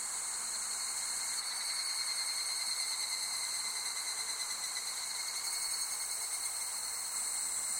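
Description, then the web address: Insects in a steady high-pitched chorus of overlapping pulsing trills, with small shifts as individual callers start and stop. Summer ambience of insects in Japan. "Sound Effects-Foundation 1 AMBIENCE JAPANESE SUMMER INSECTS"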